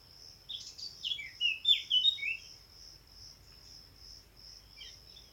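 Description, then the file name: Eurasian blackcap giving one lively warbled phrase of fast, mixed notes, then a faint final note, over a steady pulsing insect trill. "Sylvia atricapilla"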